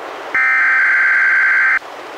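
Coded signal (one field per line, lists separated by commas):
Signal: Emergency Alert System (SAME) tones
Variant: header bursts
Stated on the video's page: Three NOAA Weather Radio Required Weekly Tests from NWS Portland, relayed by an NWR station, recorded directly from a Reecom R-1630 weather radio into a Zoom H1 recorder.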